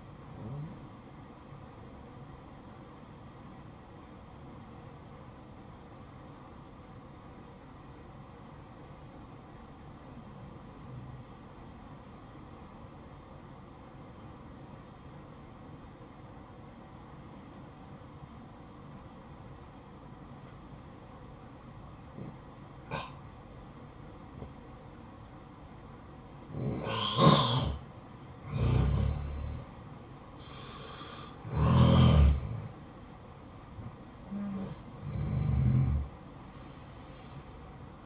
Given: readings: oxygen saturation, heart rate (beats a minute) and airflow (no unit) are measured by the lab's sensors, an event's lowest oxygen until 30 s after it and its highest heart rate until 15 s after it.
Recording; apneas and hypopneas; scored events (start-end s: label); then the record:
breathing in sleep by a smartphone at the bedside; 1
4.00-28.10 s: hypopnea (N1, oxygen 94% highest, then 89% lowest, heart rate 56 at the start, 64 highest)
From the record:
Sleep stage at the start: N1 (lightest sleep); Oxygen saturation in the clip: 90 to 94%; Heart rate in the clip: 55 to 64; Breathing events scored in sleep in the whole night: 573 in 9.8 hours asleep